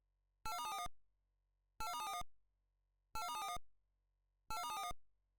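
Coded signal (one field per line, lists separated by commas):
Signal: none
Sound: a game's puzzle sounds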